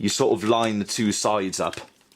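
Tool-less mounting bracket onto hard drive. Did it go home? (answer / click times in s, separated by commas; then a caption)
no / none. Someone talks while lining up the two sides of a plastic tool-less mounting bracket with a hard drive, getting it ready to snap onto the drive. The clip ends before the bracket goes home, and nothing has seated or clicked yet.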